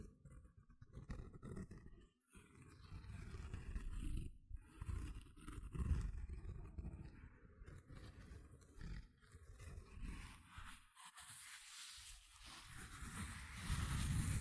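Gentle scratching sounds fill the clip, a dense, rough rustle mostly low in pitch with brighter scraping edges. The strokes come in uneven bursts with brief gaps near two and four seconds, and the scratching grows brighter and louder toward the end.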